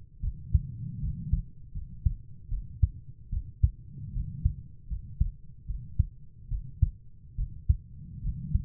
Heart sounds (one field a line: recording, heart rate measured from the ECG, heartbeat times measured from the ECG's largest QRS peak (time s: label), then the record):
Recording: heart sounds by stethoscope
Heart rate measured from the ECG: 75 bpm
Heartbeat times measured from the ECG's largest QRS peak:
0.22 s: heartbeat
1.01 s: heartbeat
1.74 s: heartbeat
2.50 s: heartbeat
3.31 s: heartbeat
4.13 s: heartbeat
4.89 s: heartbeat
5.67 s: heartbeat
6.50 s: heartbeat
7.37 s: heartbeat
8.22 s: heartbeat
From the record:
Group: healthy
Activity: rest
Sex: female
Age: 22 years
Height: 160 cm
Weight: 63 kg